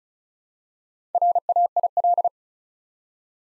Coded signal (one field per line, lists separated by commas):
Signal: Morse code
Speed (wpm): 36 wpm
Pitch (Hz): 700 Hz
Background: none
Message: RAIL